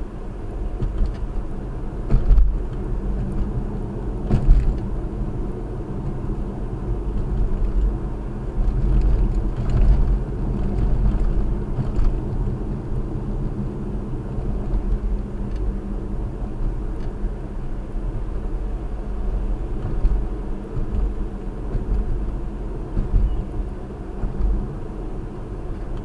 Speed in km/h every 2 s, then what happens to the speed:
56, 56, 56, 58, 56, 56, 55, 53, 55, 56, 56, 58, 58.
0-26 steady at about 56.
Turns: none.